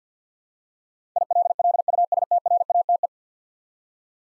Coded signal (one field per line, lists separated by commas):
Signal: Morse code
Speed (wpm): 50 wpm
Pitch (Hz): 700 Hz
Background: none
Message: ILLUSTRATE